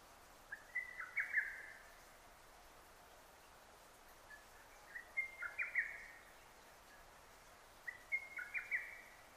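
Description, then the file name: Lesser cuckoo delivering three loud, hurried phrases of sharp notes separated by pauses, over a low background hiss. Recorded 6 June 2009; Japanese name hototogisu. "hototogisu 20090606"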